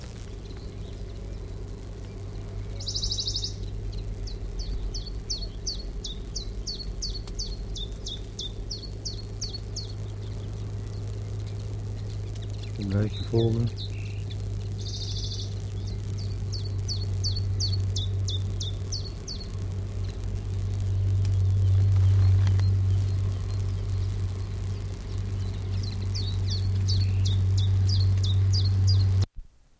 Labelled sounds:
Common Chiffchaff (Phylloscopus collybita) song

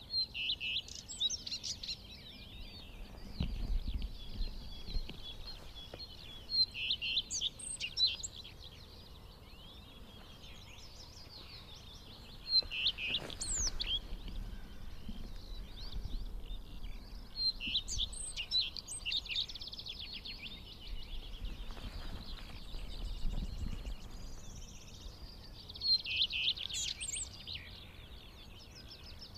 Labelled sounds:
Common Redstart (Phoenicurus phoenicurus) song

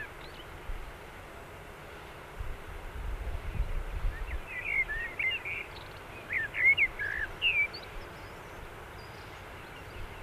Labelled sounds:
Common Blackbird (Turdus merula) song

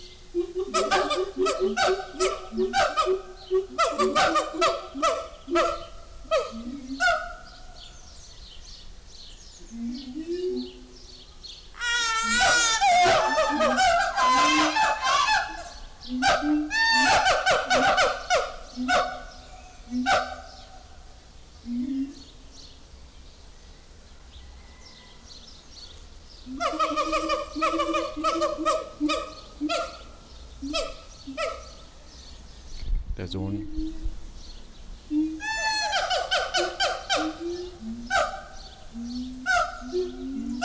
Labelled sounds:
Siamang (Symphalangus syndactylus)

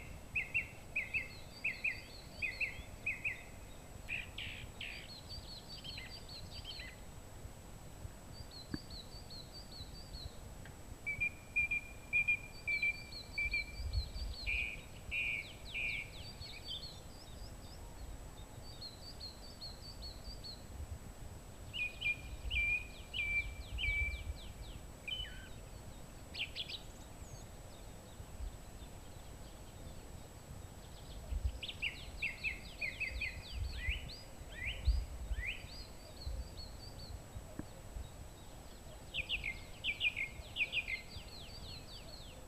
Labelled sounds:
Song Thrush (Turdus philomelos) song

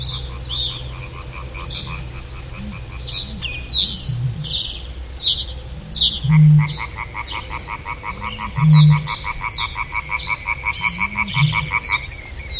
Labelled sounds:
Reed Bunting (Emberiza schoeniclus)

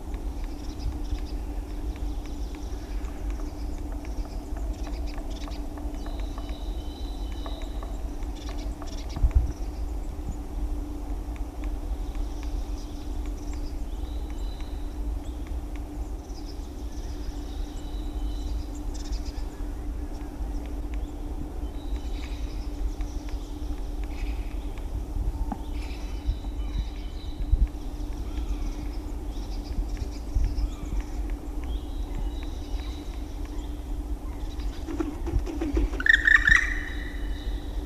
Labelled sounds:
Black Woodpecker (Dryocopus martius)

